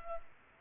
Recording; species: mosquito wingbeat signal from an infrared sensor; Culex pipiens